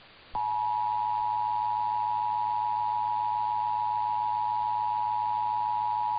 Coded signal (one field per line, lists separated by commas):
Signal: Emergency Alert System (SAME) tones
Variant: 853 and 960 Hz attention tone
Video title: Utah Required Monthly Tests (EAS #1240-#1241)